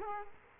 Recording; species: mosquito wingbeat signal from an infrared sensor; Culex quinquefasciatus